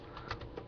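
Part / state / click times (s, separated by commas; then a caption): plastic screen bezel clips releasing from laptop display lid / released / 0.3 s, 0.6 s. Plastic screen bezel clips snap loose from the display lid of an ASUS Q500A laptop as the bezel is pried off by pulling upward and outward with the fingertips. Sharp snaps are heard at 0.3 s and 0.6 s over low background noise, and the clips release as a good sign.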